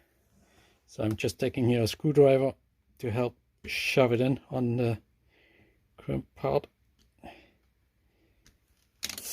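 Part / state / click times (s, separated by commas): crimped contact into power connector housing / partly seated / 9.0 s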